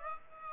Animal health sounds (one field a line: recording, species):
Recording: mosquito wingbeat signal from an infrared sensor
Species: Aedes aegypti